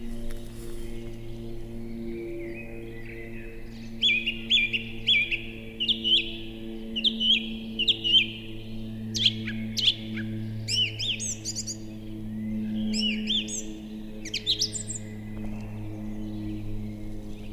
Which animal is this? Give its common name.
Song Thrush